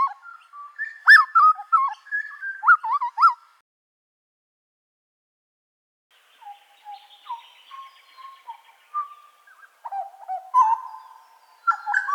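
Grey butcherbird song: fluting, warbling whistles that rise and fall, a silent pause, then quieter varied whistled phrases building up again.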